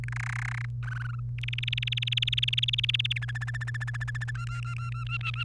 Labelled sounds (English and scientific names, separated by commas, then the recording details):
Domestic Canary (Serinus canaria) song
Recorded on 1 May 2018 at 15:10
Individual llb3